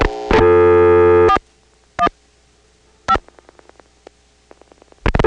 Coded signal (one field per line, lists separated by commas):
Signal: DTMF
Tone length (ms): 80 ms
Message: 41 5